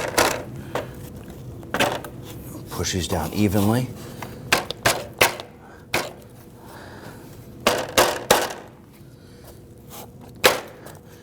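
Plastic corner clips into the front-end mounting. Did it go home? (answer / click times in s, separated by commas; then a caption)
yes / 4.5 s, 7.7 s, 8.3 s, 10.5 s. An AC condenser and receiver drier assembly on a 2009-2017 Volvo XC60 is pushed down evenly so its four plastic corner clips lock into the front-end mounting, while someone talks. Sharp clicks sound at 4.5, 7.7, 8.3 and 10.5 seconds, among other knocks and handling noises. All four corners end up locked in place.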